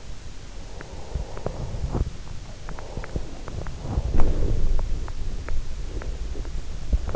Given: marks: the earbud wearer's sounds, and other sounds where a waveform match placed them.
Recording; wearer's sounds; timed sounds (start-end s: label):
sounds in sleep by an in-ear microphone; breath, teeth grinding
0.78-2.01 s: breath
2.56-3.61 s: breath
3.73-4.96 s: breath
5.29-5.60 s: teeth grinding
5.84-6.55 s: breath